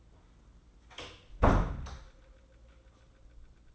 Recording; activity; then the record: daily activity, microphone in the room; close door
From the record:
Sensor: 3